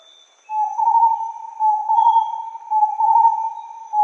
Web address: inkaterra asociacion org. Starred Wood Quail